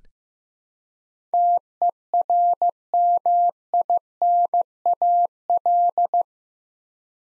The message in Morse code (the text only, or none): TERMINAL